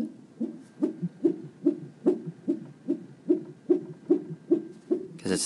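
A fetal heartbeat heard through a Doppler monitor, beating regularly at about 146 beats per minute, during a hospital check prompted by concern about the baby's movement.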